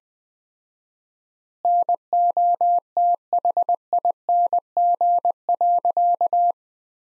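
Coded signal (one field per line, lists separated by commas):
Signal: Morse code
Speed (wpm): 20 wpm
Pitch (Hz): 700 Hz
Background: none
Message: NOTHING.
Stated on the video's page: Morse practice at 20 wpm: sentences from the top 500 words with 4x standard word spacing, a word-level analogue of Farnsworth spacing.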